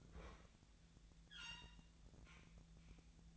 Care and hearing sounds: daily activity, microphone in the room; open fridge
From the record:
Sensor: 3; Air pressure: 1009.6 hPa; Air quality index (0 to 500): 192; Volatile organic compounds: 15 ppm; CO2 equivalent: 2499 ppm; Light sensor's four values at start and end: 38/94/40/43 and 38/94/40/43

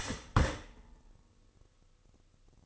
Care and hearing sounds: daily activity, microphone in the room; start toaster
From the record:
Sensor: 4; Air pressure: 1008.1 hPa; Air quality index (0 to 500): 107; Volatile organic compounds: 1 ppm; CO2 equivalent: 793 ppm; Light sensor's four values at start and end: 9/20/8/8 and 9/21/8/8

